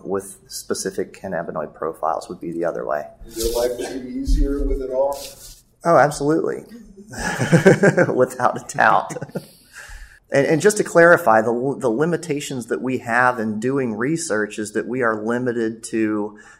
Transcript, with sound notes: with specific cannabinoid profiles, would be the other way.” “Your life would be easier with it off?” “Oh, absolutely. [laughs] Without a doubt. And just to clarify, the limitations that we have in doing research is that we are limited to